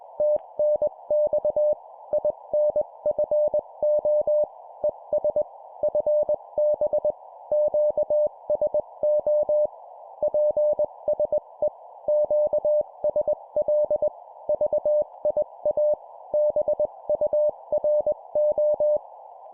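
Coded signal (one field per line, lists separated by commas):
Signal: Morse code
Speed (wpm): 20 wpm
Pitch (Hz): 600 Hz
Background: none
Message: TNX INFO ES FB QSO PSE QSL VIA BURO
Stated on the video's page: Sample 20 wpm CW CQ contact, a scripted demonstration of a typical exchange.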